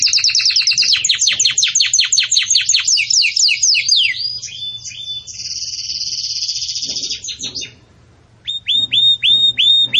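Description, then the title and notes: Belgian canary delivering fast descending chirp series, a high silvery trill, a short silence, then crisp repeated whistled notes. Belgian canary in the 'campainha' (bell) song style, meant for training chicks. "Canto Do Canário Belga Campainha Para Encarte De Filhotes. CANARIO"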